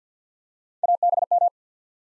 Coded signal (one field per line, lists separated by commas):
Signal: Morse code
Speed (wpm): 50 wpm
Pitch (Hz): 700 Hz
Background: none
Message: ABM